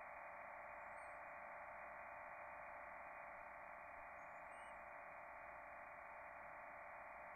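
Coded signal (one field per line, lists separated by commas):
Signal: MT63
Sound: steady wide hissing rush of many tones, band-limited, unbroken throughout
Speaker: i have some acoustic coupling going with another station that's running fl digi and we're going to basically pass a custom form that i've created called points of interest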